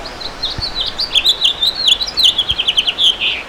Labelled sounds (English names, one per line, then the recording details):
House Finch song
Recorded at Montauk on Long Island, New York, on 15 June 2013
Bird H